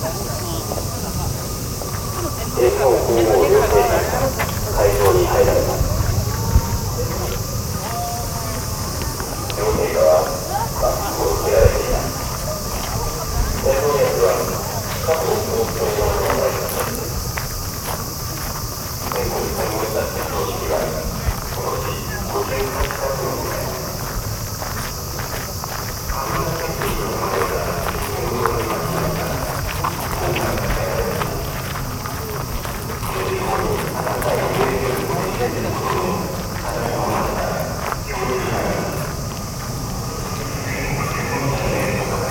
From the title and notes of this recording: Field-recorded at Yasukuni Shrine, Tokyo. An arranged ambient track by kaolu_euphony from the sound materials field-recorded at several places in Tokyo.